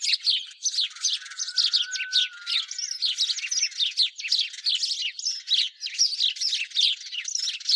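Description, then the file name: House sparrow chirps in a busy, unbroken chatter of short notes, with a faint thin whistle sliding briefly underneath around the second second. "Passer domesticus"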